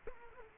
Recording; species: mosquito wingbeat signal from an infrared sensor; Culex quinquefasciatus